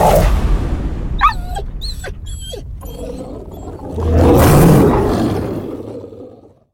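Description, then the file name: Dog whining with short pitch-bending yelps, then a rough, growling roar that swells and fades over a low rumbling background. "Dogs - BOOM Library"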